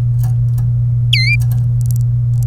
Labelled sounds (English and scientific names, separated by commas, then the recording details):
Domestic Canary (Serinus canaria) song
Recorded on 27 April 2018 at 12:45
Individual llb3